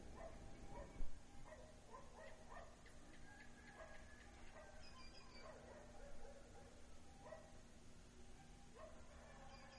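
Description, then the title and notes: Dog barking, several short barks spread throughout, over a low steady rumble of background noise. Dogs barking at dawn in the town of Suchiapa, Chiapas, Mexico, on a windy morning. "Amanecer en Suchiapa, Chis. MX. los perros"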